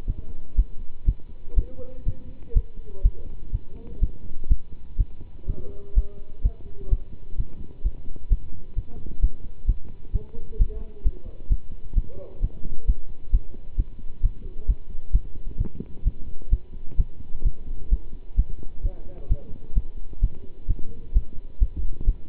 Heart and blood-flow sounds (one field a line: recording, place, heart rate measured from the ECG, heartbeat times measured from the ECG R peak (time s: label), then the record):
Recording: heart sounds by stethoscope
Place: between the tricuspid and mitral areas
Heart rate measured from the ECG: 128 bpm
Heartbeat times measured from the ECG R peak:
0.06 s: heartbeat
0.56 s: heartbeat
1.05 s: heartbeat
1.55 s: heartbeat
2.05 s: heartbeat
2.54 s: heartbeat
3.02 s: heartbeat
3.52 s: heartbeat
4.00 s: heartbeat
4.48 s: heartbeat
4.97 s: heartbeat
5.46 s: heartbeat
5.94 s: heartbeat
6.42 s: heartbeat
6.90 s: heartbeat
7.37 s: heartbeat
7.83 s: heartbeat
8.29 s: heartbeat
8.75 s: heartbeat
9.21 s: heartbeat
9.66 s: heartbeat
10.12 s: heartbeat
10.58 s: heartbeat
11.03 s: heartbeat
11.48 s: heartbeat
11.94 s: heartbeat
12.41 s: heartbeat
12.86 s: heartbeat
13.31 s: heartbeat
13.76 s: heartbeat
14.22 s: heartbeat
14.66 s: heartbeat
15.12 s: heartbeat
15.58 s: heartbeat
16.04 s: heartbeat
16.50 s: heartbeat
16.97 s: heartbeat
17.44 s: heartbeat
17.89 s: heartbeat
18.36 s: heartbeat
18.82 s: heartbeat
19.28 s: heartbeat
19.74 s: heartbeat
20.20 s: heartbeat
20.67 s: heartbeat
21.13 s: heartbeat
21.59 s: heartbeat
22.06 s: heartbeat
From the record:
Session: pedaling a stationary bicycle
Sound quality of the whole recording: good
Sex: male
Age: 27 years